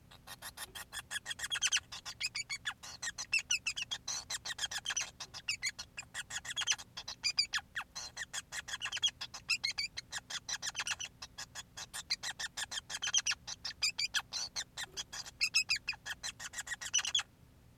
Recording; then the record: song of a male Bengalese finch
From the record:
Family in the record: son of father 5